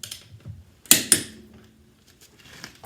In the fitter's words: and go till you hear that click.